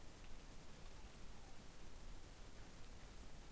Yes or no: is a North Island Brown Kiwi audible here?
no